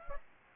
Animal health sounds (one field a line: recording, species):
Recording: mosquito wingbeat signal from an infrared sensor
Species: Aedes aegypti